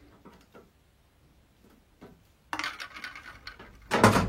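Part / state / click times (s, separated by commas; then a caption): washing machine front panel into cabinet catches / seated / 2.5 s. The sheet-metal front panel of a Bosch/Siemens washing machine, being reassembled after a shock absorber replacement, is pushed back onto the cabinet and clipped into the lower left and right catches. After faint taps, a sharp snap at 2.5 s is followed by metallic rattling and a louder clatter near 4.0 s. The panel is seated and holds again.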